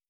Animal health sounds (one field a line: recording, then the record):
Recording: hydrophone in a shrimp aquaculture tank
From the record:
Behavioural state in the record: starved